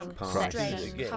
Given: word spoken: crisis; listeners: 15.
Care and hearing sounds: one English word in noise, from a listening test; four-talker babble; -2.3 dB; 0 of 15; 7 of 15; 0.77 s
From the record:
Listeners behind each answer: 7, 2, 2, 1, 1, 1, 1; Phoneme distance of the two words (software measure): 41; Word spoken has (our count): 2 syllables, 6 phonemes, stress on syllable 1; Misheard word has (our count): 1 syllable, 3 phonemes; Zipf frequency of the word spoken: 4.86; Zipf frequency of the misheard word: 5.14

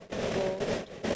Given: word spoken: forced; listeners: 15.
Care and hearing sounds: one English word in noise, from a listening test; noise modulated by three-talker babble; -4.2 dB; 0 of 15; 7 of 15; 0.75 s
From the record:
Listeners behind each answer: 7, 2, 1, 1, 1, 1, 1, 1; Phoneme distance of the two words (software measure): 27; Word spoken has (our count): 1 syllable, 4 phonemes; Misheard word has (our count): 1 syllable, 3 phonemes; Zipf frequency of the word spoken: 4.64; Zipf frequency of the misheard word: 4.18

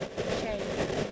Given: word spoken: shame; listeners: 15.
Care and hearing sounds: one English word in noise, from a listening test; noise modulated by three-talker babble; -6.9 dB; 0 of 15; 8 of 15; 0.72 s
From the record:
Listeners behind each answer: 8, 6, 1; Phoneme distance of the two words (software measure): 27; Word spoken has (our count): 1 syllable, 3 phonemes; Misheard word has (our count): 1 syllable, 4 phonemes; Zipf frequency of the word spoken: 4.72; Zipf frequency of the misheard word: 5.49

